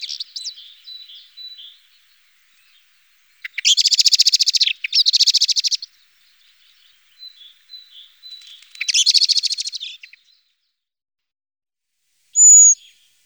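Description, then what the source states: Common blackbird rattling alarm calls: soft tucking notes, then two loud rapid chattering bursts, a quiet stretch, another rattle and a final high thin note. Various alarm calls.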